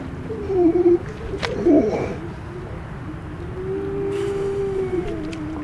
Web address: gray seal